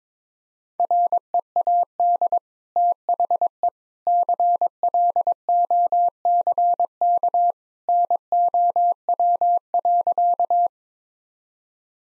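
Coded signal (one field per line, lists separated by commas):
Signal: Morse code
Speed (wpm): 22 wpm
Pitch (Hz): 700 Hz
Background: none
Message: READ THE CLOCK NOW.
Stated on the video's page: Morse code practice sentences at 22 WPM with contextual hints.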